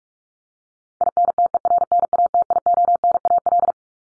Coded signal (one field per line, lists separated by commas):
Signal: Morse code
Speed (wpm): 44 wpm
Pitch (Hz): 700 Hz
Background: none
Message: INTERNATIONAL